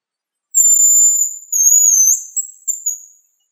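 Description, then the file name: Hazel grouse whistled song: a long, very high, thin whistle that wavers slightly, then a second drawn-out note and a few short notes at the end. "rjabchik"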